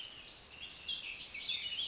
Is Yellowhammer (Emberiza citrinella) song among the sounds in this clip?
no